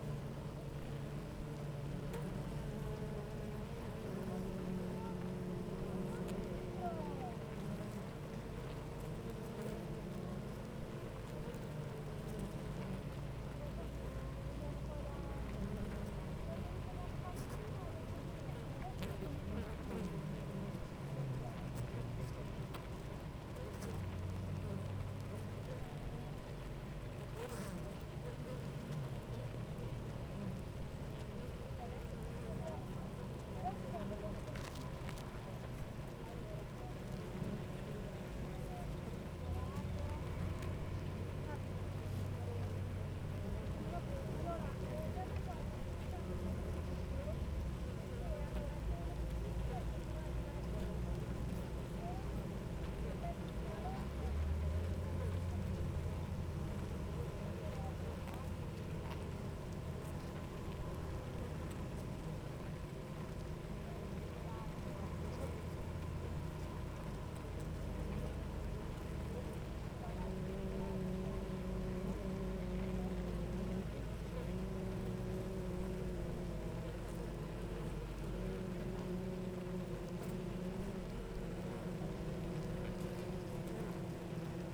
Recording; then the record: honeybee colony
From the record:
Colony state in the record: active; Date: 28 July 2017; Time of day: 8:56